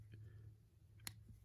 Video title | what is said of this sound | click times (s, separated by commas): UNBOXING: DJI Pocket 2, Creator Combo - VLOGGING CAMERA | lots of things, and that's going to just click | 1.1 s